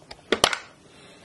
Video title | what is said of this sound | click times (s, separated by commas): Easy Home Spin Sweep Review | so let's take a look inside so this is how you open it up you want to lift this up until you hear a click | 0.4 s